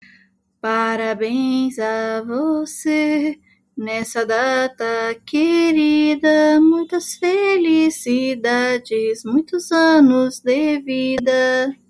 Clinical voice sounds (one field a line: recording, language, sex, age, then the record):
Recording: short text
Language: Brazilian Portuguese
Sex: female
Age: 30 to 39 years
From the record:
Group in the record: control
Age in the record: 37 years